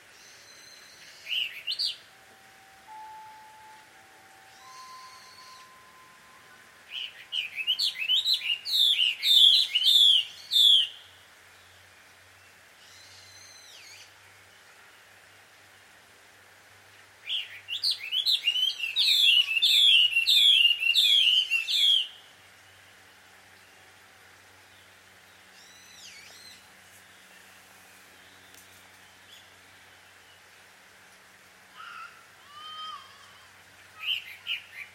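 Birds quarrel at dusk in two long bursts of rapid, bright, scratchy chirping, one around seconds 7 to 11 and a louder one from about 17 to 22. Short calls and twitters break the quiet between them, with a faint low hum underneath throughout.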